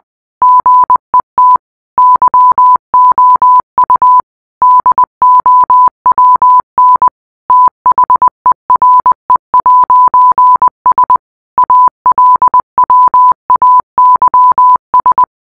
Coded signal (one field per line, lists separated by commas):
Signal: Morse code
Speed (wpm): 20 wpm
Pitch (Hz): 1000 Hz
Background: none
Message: GET YOU DOWN THERE'S ALWAYS